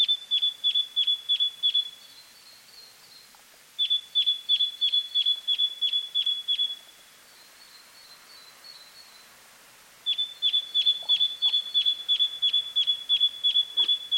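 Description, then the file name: Great tit calling in three bursts of sharp, high metallic notes, with fainter thin notes between bursts and soft background hiss. "Parus major"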